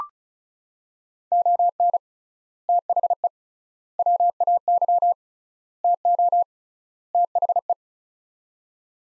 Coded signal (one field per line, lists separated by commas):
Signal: Morse code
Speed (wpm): 36 wpm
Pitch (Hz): 700 Hz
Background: none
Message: ON THE WAY TO THE